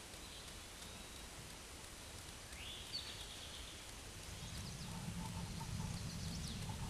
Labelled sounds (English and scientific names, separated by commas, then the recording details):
Eastern Towhee (Pipilo erythrophthalmus) song
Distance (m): 60 m
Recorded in a Pennsylvania forest on 17 May 2023 at 12:52
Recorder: AudioMoth, point grid1_35_low
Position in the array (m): 112 m, 103 m